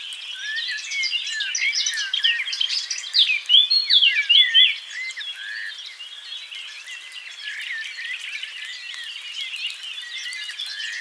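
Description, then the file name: Eurasian blackcap song: rich, rambling warble with a louder whistled phrase midway. "Sylvia atricapilla"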